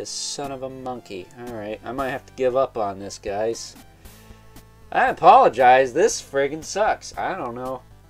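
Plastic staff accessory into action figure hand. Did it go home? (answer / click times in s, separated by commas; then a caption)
no / none. A plastic snake staff with its hand piece is pushed into the plastic hand grip of a Mattel MOTU Origins action figure during a struggle, while someone talks in frustration over background music with guitar. No clear click is heard, and nothing has seated yet by the end of the clip.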